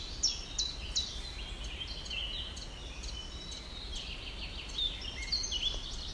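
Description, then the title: Birds' high, thin chirps and short downslurred notes, several overlapping softly over a low, steady background noise. Birds heard in a small woodland in Poland by a person walking alone and quietly listening. "一个人静静的走在波兰某个小丛林里静静的聆听鸟儿们的叫声"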